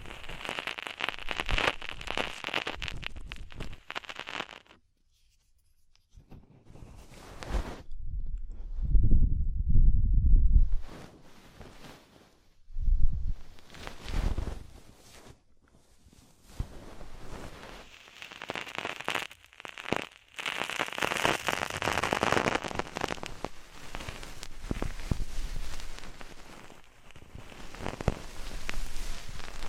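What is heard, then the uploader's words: Ear cleaning with dense, crackling rustles and scratches that come and go, broken by silent gaps and low thumping rumbles around ten seconds. DEEP Ear Penetrating Cleaning.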